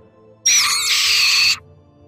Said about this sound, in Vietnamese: Bỗng một con quạ từ trên nóc nhà bay ra, mồm kêu lên liên tục.